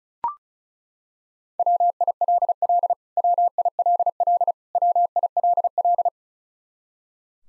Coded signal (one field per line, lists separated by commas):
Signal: Morse code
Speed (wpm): 36 wpm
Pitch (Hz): 700 Hz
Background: none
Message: WILL WILL WILL